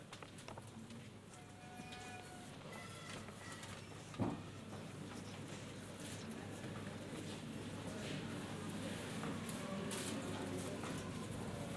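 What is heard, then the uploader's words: A large library reading hall holds a steady, soft murmur of voices and room hush. Faint tones and rustles drift through, and a single sharp knock or thud lands near the four-second mark before the quiet hum resumes at an even level. Generative soundscape based on a two-dimensional random walk between four binaural soundscapes recorded in libraries and bookstores. Reading hall of the Austrian National Library in Vienna.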